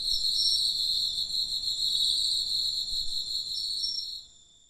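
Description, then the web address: Cricket song: a dense, high-pitched continuous trill that weakens and fades out over the final second. "Hoerbeispiele Grillen"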